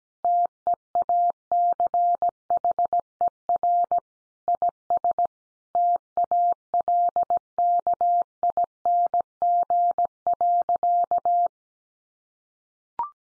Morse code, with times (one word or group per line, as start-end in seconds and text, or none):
0.2-4.0 TEACHER
4.5-5.3 IS
5.8-11.5 TALKING.